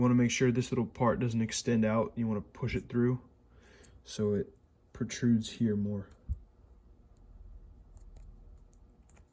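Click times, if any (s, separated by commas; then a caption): none. During a rebuild of a Shimano Dura-Ace 7700/7800 bicycle rear derailleur, a small part is being pushed through into the derailleur body so it protrudes on the other side. Someone talks for most of the clip, followed by quiet handling with a few faint ticks near 8.0, 8.7 and 9.1 seconds. Nothing has seated or clicked into place yet.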